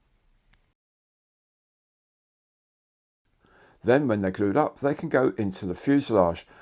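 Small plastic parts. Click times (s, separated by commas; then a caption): 0.5 s. The plastic upper wing half of an Airfix Lockheed Hudson 1/72 scale model kit is pressed onto the lower wing half, which holds the aileron, and snaps into place with one sharp click at 0.5 s, a good fit. After near silence, someone talks from about 3.8 s to the end.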